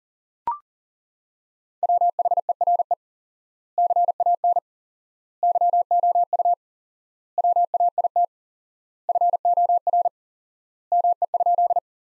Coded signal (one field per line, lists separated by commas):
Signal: Morse code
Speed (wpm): 40 wpm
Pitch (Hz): 700 Hz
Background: none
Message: WHERE CAN YOU WAIT FOR ME?